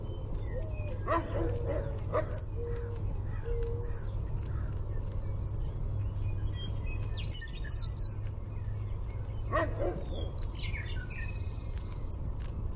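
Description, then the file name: Eastern kingbird giving high, thin, stuttering notes repeated throughout, with occasional lower sounds and a constant low hum. "EAKI RRV"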